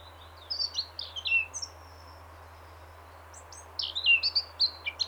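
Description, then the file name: Eurasian blackcap warbling song in two bursts, a short chattery phrase early on, then silence, then a louder run of quick whistled notes. "Sylvia atricapilla"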